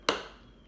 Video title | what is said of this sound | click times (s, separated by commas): Kitchen:Pantry Organization with Mason & Weck Jars | um i think it and you just put it on till it clicks but | 0.1 s